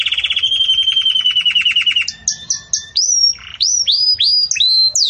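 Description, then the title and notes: Belgian canary song: a fast trill of repeated notes for two seconds, then separate upward-sweeping whistles and sharp notes, all high-pitched and loud. Belgian canary, campainha (bell-like) song style, used for tutoring young chicks in song. "Belíssimo Canto Do Canário Belga Campainha Para Encarte De Filhotes. CANARIO"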